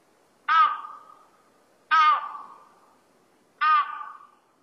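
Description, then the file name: Crested ibis giving three harsh, nasal, crow-like calls about every one and a half seconds, each starting abruptly and trailing off into a fading drawn tail, with silence between. Recorded on Sado, 23 December 2014. "toki 141223 sado"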